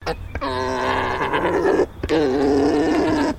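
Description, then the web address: Alpaca mating call: a brief sound, then two long, nasal, gurgling groans separated by a short break. Male alpaca giving a mating call. "Sound Effects-Foundation 1 ANIMAL ALPACA MALE MATING CALL"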